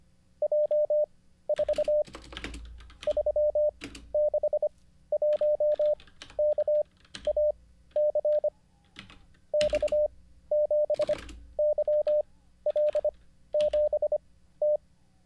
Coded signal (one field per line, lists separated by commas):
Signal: Morse code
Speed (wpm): 25 wpm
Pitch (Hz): 600 Hz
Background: none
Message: J 4 3 6 1 K A C X 7 Y L 7 T